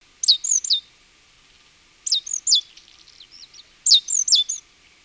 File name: Parus major